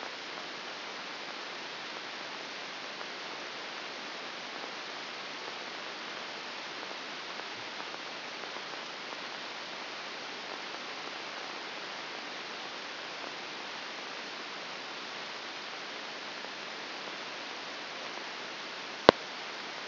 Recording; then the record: brain microelectrode recording played as sound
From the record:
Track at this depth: outside the subthalamic nucleus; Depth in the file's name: 5.398 mm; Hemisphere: left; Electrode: 2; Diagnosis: Parkinson's disease